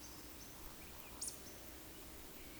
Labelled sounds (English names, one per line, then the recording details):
Eurasian Woodcock whistle
Eurasian Woodcock croak
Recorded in Baden-Württemberg, Germany, on 13 June 2021 at 19:43 UTC
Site 23718, 552 m above sea level